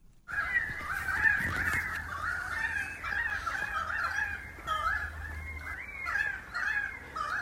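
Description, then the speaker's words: Pied Currawongs in a dense chorus, many birds overlapping with gurgling, ringing whistled calls running almost without a break, over a faint low rumble. About 30 birds calling as a cacophony for about 20 minutes in messmate eucalypt treetops, Dandenong Ranges east of Melbourne, Australia. "in the Dandenong Ranges east of Melbourne, listening to a cacophony of pied currawongs. They've been doing this calling for about 20 minutes."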